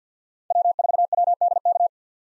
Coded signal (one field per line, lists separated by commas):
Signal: Morse code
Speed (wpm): 50 wpm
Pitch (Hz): 700 Hz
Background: none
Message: W4WDK